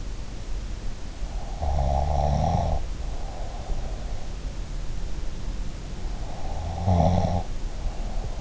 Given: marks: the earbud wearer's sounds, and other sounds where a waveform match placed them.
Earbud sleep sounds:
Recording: sounds in sleep by an in-ear microphone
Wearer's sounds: snoring breath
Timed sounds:
1.62-4.05 s: snoring breath
6.41-8.41 s: snoring breath

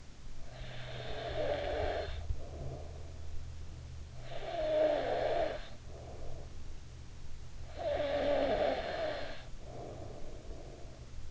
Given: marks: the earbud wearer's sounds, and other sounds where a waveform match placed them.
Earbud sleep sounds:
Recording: sounds in sleep by an in-ear microphone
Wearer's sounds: snoring breath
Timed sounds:
0.00-3.54 s: snoring breath
3.77-7.09 s: snoring breath
7.37-11.31 s: snoring breath

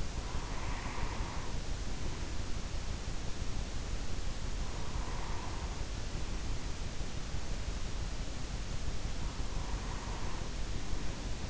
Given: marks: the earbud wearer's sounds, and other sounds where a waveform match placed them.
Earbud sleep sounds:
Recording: sounds in sleep by an in-ear microphone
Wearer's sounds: breath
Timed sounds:
0.00-2.60 s: breath
4.44-6.87 s: breath
8.98-11.50 s: breath

